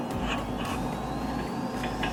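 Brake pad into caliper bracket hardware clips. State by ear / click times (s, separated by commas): not seated / none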